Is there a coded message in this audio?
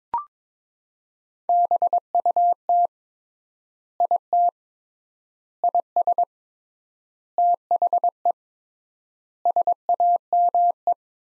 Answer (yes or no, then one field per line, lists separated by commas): yes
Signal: Morse code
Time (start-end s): 1.5-10.9 s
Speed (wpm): 22 wpm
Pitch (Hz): 700 Hz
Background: none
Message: BUT IT IS THE SAME